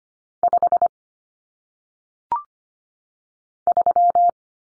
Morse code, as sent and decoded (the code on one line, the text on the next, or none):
..... / ...--
5 3